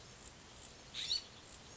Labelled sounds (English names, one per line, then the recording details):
California Scrub-Jay
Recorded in Sonoma County, California